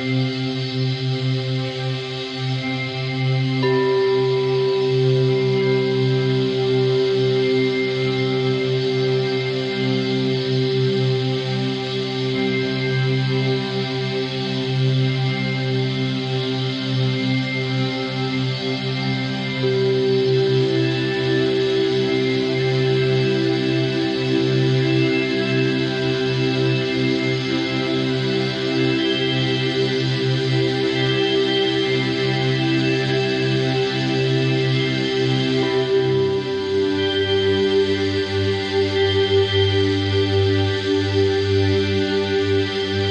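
Tibetan bowls ring in long, overlapping tones that hold steady at an even loudness throughout. A strong middle tone sustains with a low warm hum beneath it. Shimmering overtones linger above. The blend shifts gently around 4, 20 and 36 seconds as new tones take over.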